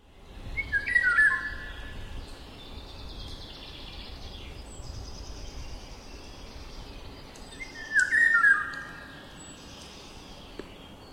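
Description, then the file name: Eurasian golden oriole singing two short warbled, flute-like phrases about seven seconds apart, with faint calls of other birds in the background. "Sykofagos"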